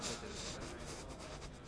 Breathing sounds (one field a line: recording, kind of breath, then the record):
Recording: one breath in and out by a microphone near the nose and mouth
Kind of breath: strong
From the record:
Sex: male